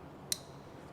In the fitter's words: it clicks, and then on there, clicks again.